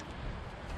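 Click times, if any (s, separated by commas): none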